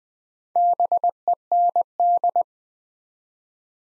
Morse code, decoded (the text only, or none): BEND